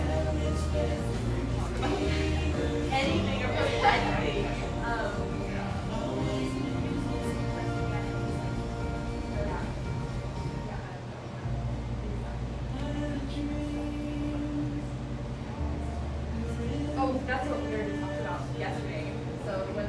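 Café sounds from a little drip coffee joint in eastern Seattle: a steady bed of overlapping voices and chatter runs throughout, over a low hum that shifts pitch now and then. Brief clinks and clatter pop up around four seconds and again near seventeen seconds.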